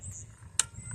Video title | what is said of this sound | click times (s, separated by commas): EASY Project - Wooden Garden Sign - DIY For Beginners | And there it is. I heard it click. | 0.6 s